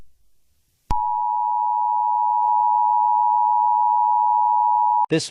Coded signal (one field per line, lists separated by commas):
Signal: Emergency Alert System (SAME) tones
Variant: 853 and 960 Hz attention tone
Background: speech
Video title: Anime girls - A EAS scenario